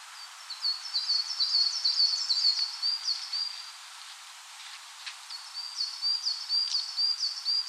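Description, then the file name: Coal tit singing a fast string of high, bouncy two-note phrases, pausing briefly midway before resuming; faint ticks in the background. "Parus ater"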